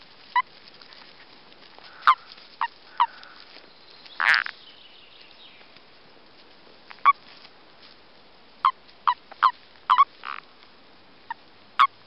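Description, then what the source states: Common toad mating calls: short clipped croaks scattered irregularly throughout, some in quick pairs and triplets, plus one longer, louder note in the first half. Breeding season.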